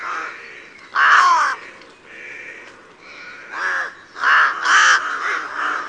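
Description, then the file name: Crow cawing harshly, one loud rasping call followed by softer and then louder caws in an uneven series. "Corvo"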